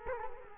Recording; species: mosquito wingbeat signal from an infrared sensor; Culex quinquefasciatus